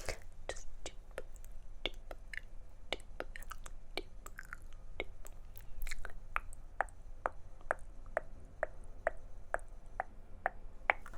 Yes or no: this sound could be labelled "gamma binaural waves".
no